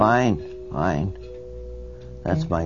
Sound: a doorbell rings

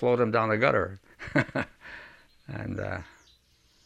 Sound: he laughs

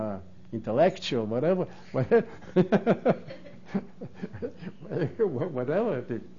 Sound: he laughs

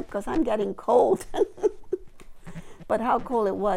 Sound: laughing

